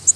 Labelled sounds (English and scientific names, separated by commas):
Nashville Warbler (Leiothlypis ruficapilla) flight call